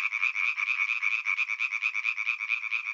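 European tree frog calling, a rapid rattling series of harsh nasal pulses, continuing steadily throughout with no other sounds.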